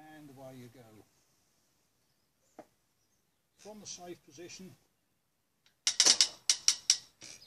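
Someone talks, then the throwing arm of a Bowman Pedal clay trap is pulled round from the safe position. The metal ratchet clicks repeatedly at 5.9, 6.0, 6.2, 6.5, 6.7 and 6.9 seconds until the latch catches the ratchet and holds the arm cocked.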